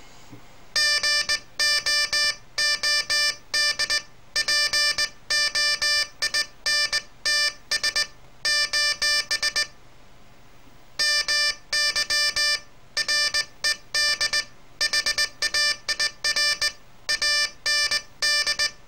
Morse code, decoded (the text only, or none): GOOD POINTS : MY RED HAIR AND